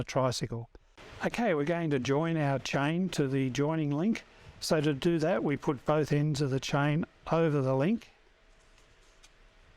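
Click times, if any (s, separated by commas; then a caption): none. On a Sobowo fat trike, both ends of the bicycle chain are placed over the pins of the chain joining link, with the metal side plate only positioned and not yet pressed home. Someone talks for most of the first 8 seconds, followed by quiet low background noise with one faint, brief sound near 9.3 s. Nothing has seated or clicked yet.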